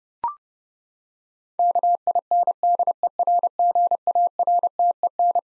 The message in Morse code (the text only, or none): KINDERGARTEN